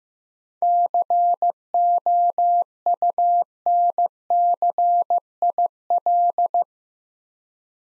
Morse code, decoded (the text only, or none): COUNCIL